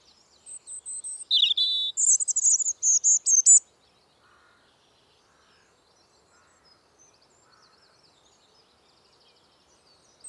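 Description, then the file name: European robin song phrase of high thin whistles and fast trills lasting a few seconds, followed by quiet with faint twittering. "Erithacus rubecula"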